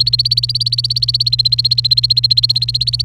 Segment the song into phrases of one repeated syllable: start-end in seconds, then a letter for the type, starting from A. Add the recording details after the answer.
0.00-3.04 A. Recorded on 30 April 2018 at 08:32. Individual llb3